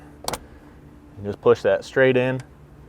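A plastic trim clip is handled and about to be pushed straight into its hole in the roof panel of a RAV4 during a roof rack install, with two brief sharp handling ticks near 0.3 seconds. Someone talks from about 1.2 seconds onward. Nothing has seated or clicked yet.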